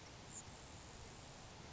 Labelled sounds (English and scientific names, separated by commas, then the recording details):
Grasshopper Sparrow (Ammodramus savannarum)
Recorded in Sonoma County, California